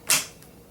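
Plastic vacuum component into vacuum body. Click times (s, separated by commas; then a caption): 0.1 s. A plastic component of a new Shark vacuum is lined up with the vacuum body by its groove and notch, then pushed down until it clicks in. A single sharp, bright click sounds at 0.1 s and fades over about a fifth of a second, followed by a faint tick around 0.4 s. The part is seated.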